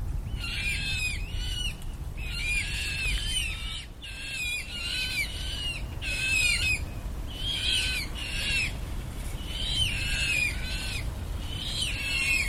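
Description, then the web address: Eurasian coot young squealing in repeated high, buzzy clusters of notes, nearly unbroken for most of the stretch, over low background noise. Young birds. "linnut nokikana nuoret"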